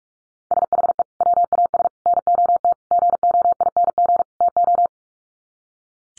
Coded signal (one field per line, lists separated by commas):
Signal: Morse code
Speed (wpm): 44 wpm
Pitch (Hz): 700 Hz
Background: none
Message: SHE WAS NOT GOING TO